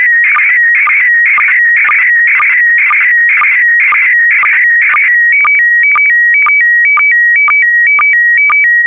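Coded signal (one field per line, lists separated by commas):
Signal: SSTV (slow-scan television)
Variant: PD120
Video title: (03 of 12) ISS Expedition 63 - MAI-75 September 2020 - Retransmission SSTV PD120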